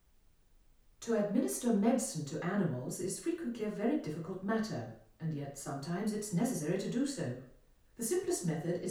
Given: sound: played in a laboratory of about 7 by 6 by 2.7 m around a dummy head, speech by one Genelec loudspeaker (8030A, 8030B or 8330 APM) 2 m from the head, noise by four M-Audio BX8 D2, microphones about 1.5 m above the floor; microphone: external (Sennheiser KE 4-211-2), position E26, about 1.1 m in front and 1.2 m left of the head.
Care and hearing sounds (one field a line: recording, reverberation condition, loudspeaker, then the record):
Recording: female speech in English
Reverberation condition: medium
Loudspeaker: 90 degrees to the right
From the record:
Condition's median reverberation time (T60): about 510 ms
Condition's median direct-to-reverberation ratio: about -0.5 dB